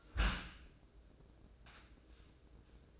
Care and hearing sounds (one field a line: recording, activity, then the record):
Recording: daily activity, microphone in the room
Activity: close dishwasher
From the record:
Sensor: 2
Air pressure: 1012.2 hPa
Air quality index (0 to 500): 133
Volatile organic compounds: 2 ppm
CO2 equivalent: 982 ppm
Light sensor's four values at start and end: 312/764/311/317 and 312/763/311/317